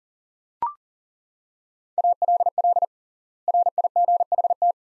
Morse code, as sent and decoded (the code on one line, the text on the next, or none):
.- .-.. .-.. / .-. .. --. .... -
ALL RIGHT